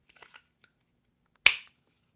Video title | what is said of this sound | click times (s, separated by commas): Why You Need a Knife More Than Ever! | Oh, hear that snap. | 1.5 s